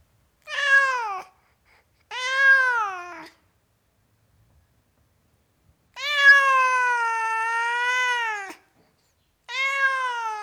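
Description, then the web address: Cat meowing, four long harmonic-rich meows, the third drawn out for over two seconds, separated by silences. Tom cat, meowing. "BBC Sound Effects Library. Tom Cat, Meowing"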